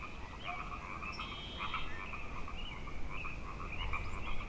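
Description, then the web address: Frog chorus of rapid rattling croaks building louder toward the end, with a brief buzzy trill layered in early on. Frog chorus at Grafton Lake, recorded 3 May 2009. "The Frog Chorus Tunes Up On Grafton Lake"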